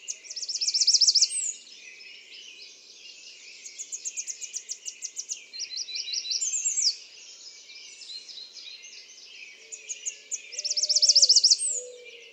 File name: American Redstart